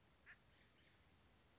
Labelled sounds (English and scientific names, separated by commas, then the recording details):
Oak Titmouse (Baeolophus inornatus)
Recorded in Sonoma County, California